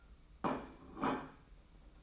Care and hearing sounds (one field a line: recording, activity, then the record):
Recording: daily activity, microphone in the room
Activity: place plate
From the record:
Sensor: 1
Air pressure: 991.8 hPa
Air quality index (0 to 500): 166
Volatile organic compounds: 1000 ppm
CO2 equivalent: 6262 ppm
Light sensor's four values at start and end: 28/96/37/38 and 28/96/37/38